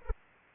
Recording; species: mosquito wingbeat signal from an infrared sensor; Anopheles arabiensis